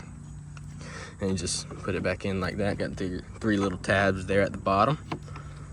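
A removable plastic grille panel in front of the radiator on a 2025 Polaris Sportsman 570 ATV is being fitted back into the front grille/guard on its three small bottom tabs while someone talks. Faint handling sounds are heard under the speech, and nothing has seated or clicked yet.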